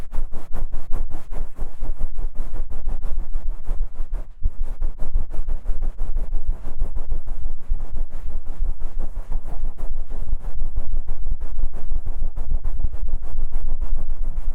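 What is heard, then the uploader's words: Ear massage: dense, rapid scratching and rubbing strokes with a heavy low rumble, continuous throughout except a brief lull near four seconds. ASMR×KU100 | 搓耳朵!!我搓搓搓. Ear Massage | NO Talking.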